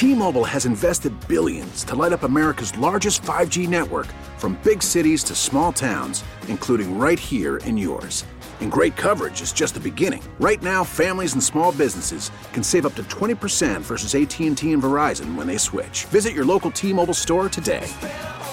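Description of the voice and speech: A man reads a brisk, polished radio advertisement for a mobile phone network in a clear mid-pitched voice, with lively intonation and only brief pauses between phrases. Articulation is crisp and fluent, with no hesitations or voice problems: ordinary typical adult speech.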